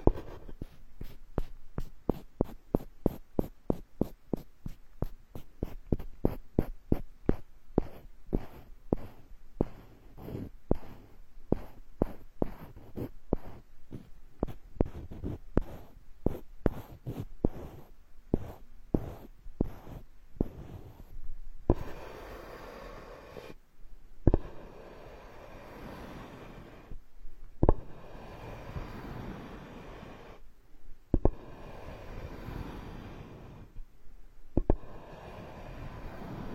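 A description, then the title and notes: Ear picking and ear massage sounds: for the first twenty seconds, sharp, quick taps and clicks come in a fast, regular stream. After that they give way to dense, scratchy rubbing, broken by short pauses every few seconds and an occasional louder click. Tree Ear Picking Supreme Spa Ear Massage.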